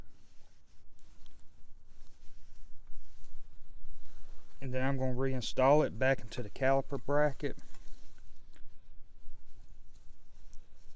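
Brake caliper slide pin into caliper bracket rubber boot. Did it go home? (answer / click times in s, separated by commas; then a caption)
no / none. A greased brake caliper slide pin from the front brakes of a 1999 Ford Taurus is handled as it goes back toward the caliper bracket and its rubber boot, with faint scattered ticks and taps around someone talking. Nothing has seated or snapped into the boot yet.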